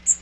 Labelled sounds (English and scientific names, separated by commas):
Magnolia Warbler (Setophaga magnolia) flight call